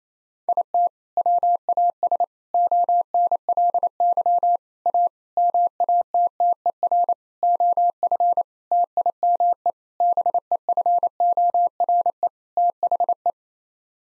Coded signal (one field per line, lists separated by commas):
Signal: Morse code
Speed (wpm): 28 wpm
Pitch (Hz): 700 Hz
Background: none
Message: IT WAS ONLY A MATTER OF TIME BEFORE THE